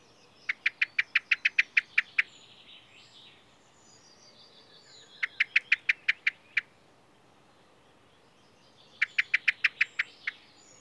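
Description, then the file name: Common blackbird rattling call: three separate bursts of sharp, rapid clicks, divided by quiet gaps with faint bird chatter. "Turdus merula"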